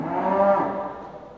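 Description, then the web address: Cattle: cow moo: a single brief, rich bellow that peaks quickly and trails away. Cattle in pens at a market. "BBC Sound Effects Library Livestock Cattle In Pens At Market"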